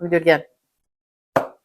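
A sparkling-wine cork is pushed into the mouth of an empty glass food jar as a reusable stopper. Someone talks briefly, then after a short silence a single sharp plop is heard at 1.4 s as the cork snaps into the jar mouth and seats.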